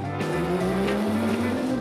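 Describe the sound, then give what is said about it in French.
A Jaguar sports car drives past with its engine droning steadily while tires squeal in a high, sustained screech, loud and continuous for the whole moment, with no voices. “Une Jaguar à l'air roulant.”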